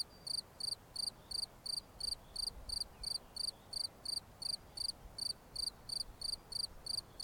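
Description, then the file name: Cricket chirps, high and pulsed, keep an even beat near three per second; only faint rumble and hiss otherwise. "Grillons"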